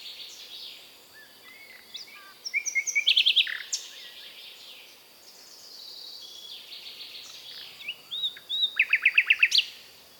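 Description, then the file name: Common nightingale singing two phrases, each a quick series of hard repeated notes after soft whistles, separated by a quieter pause. "British Library - European Nightingale(Luscinia megarhynchos)"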